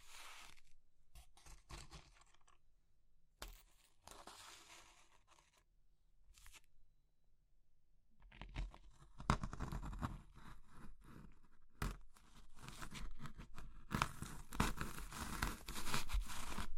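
Crushing sounds of brittle material like soap, chalk or meringue, made of dense crackling, scraping and crunching bursts. The first eight seconds are sparser, with short crunches separated by near-silent pauses. After that the crushing grows louder and almost continuous, with sharp snaps until the end.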